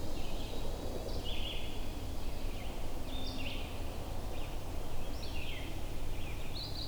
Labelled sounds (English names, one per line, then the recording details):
Red-eyed Vireo song
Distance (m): 70 m
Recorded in boreal forest in Alberta, Canada, on 21 June 2016 at 07:28
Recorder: SongMeter 3, array SBT-6-76
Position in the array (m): 181 m, 87 m